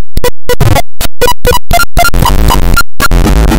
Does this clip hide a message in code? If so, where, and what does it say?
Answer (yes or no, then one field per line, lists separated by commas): no